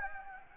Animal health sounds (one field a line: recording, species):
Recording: mosquito wingbeat signal from an infrared sensor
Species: Anopheles gambiae